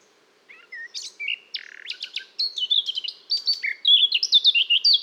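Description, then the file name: Eurasian blackcap song opening with soft scattered notes, then building into a quick run of bright, slurred whistles that grow louder toward the end. "Sylvia atricapilla"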